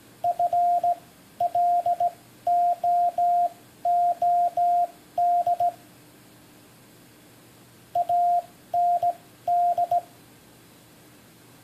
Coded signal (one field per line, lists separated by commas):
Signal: Morse code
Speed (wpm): 17 wpm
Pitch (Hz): 700 Hz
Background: radio noise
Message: FLOOD AND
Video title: One Minute Morse, #20!